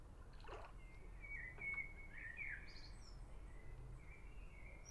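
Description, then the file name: Eurasian otter making high, level whistles that bend and slide over a few seconds, over a steady low background rumble. Whistle calls given while swimming. "European Otter Whistle Calls While Swimming"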